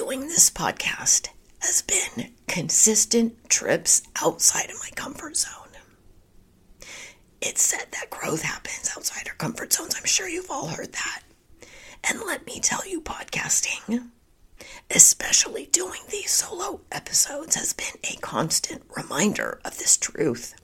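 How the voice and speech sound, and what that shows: An adult woman speaks fluently in a mostly whispered, breathy voice, with only brief voiced stretches and creaky breaks between phrases. This is spasmodic dysphonia, a vocal condition that sounds like laryngitis, with intermittent moments of clearer voice.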